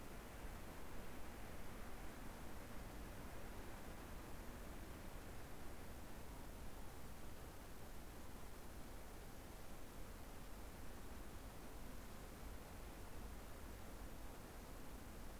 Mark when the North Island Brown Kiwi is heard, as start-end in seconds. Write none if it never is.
none